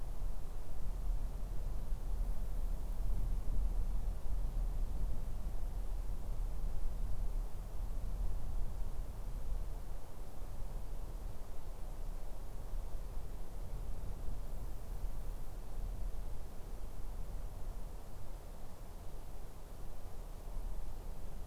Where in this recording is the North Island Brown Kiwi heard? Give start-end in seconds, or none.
none